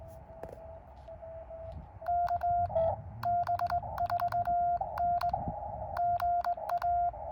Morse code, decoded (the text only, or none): KB4N GA